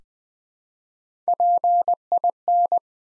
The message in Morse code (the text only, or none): PIN